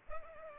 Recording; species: mosquito wingbeat signal from an infrared sensor; Culex pipiens